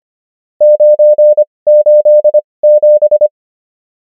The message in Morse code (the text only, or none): 987